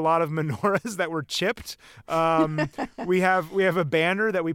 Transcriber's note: laughter